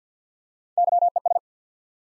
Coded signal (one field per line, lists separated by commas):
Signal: Morse code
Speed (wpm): 50 wpm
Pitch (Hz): 700 Hz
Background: none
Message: Y E S